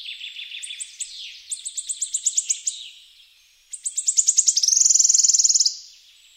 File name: woodwarbler